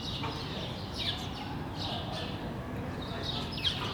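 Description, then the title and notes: Sparrows chirping, short bright notes repeated irregularly over a steady low rumble of background noise. Several sparrows on Rue de l'épargne, Brussels, Belgium, recorded on World Sparrow Day using Lom mikroUši microphones into a Deity PR-2 recorder. "Rue de l'épargne, Bruxelles, Bruxelles-Capitale, Belgique - World Sparrow Day. Sparrows - moineaux"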